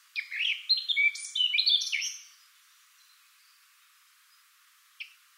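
Eurasian blackcap song: a quick, varied two-second warble of chattering and whistled notes, then quiet with one short note near the end.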